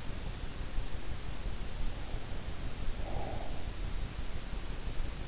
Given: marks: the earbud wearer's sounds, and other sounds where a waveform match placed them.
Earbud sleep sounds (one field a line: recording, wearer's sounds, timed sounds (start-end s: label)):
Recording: sounds in sleep by an in-ear microphone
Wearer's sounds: breath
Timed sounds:
2.65-4.12 s: breath